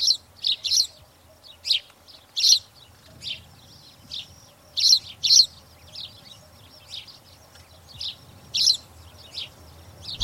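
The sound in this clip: Spanish sparrow chirping, many bright chirps, some loud and clipped, with a soft low background.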